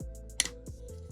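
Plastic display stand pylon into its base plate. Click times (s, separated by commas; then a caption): 0.4 s. The plastic pylon of the display stand for a Hot Wheels Star Wars Starships Select #28 Carson Teva's X-Wing die-cast ship is pressed into its plastic base plate. Over a steady, faint tonal background with soft ticks, a sharp, bright snap sounds at 0.4 s, followed by a smaller echo click just after. The pylon snaps into place and is seated in the base.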